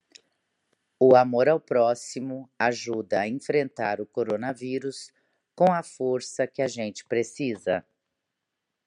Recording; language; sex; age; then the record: spoken sentence; Brazilian Portuguese; female; 50 to 59 years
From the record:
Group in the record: control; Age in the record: 58 years